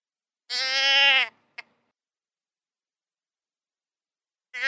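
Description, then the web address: Deer giving one nasal bleat followed by a brief click, then quiet until a second bleat begins at the very end. "wild-game-downloads deer"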